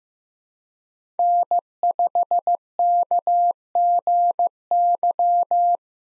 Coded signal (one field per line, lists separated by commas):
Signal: Morse code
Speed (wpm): 15 wpm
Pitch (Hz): 700 Hz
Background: none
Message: N5KGY